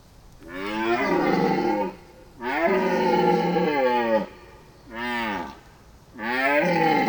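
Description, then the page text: Red deer roaring repeatedly: four hoarse, harmonic bellows of varying length, separated by short pauses. Red deer roar in a forest during the mating season. "Звук оленя в лесу. Рёв красного оленя"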